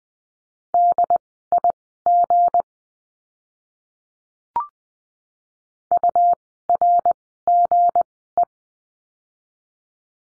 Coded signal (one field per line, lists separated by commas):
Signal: Morse code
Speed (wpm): 20 wpm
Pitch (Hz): 700 Hz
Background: none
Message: DIG URGE